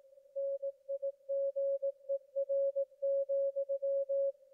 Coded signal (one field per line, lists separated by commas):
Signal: Morse code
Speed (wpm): 18 wpm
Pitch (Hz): 550 Hz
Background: none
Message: NIGER,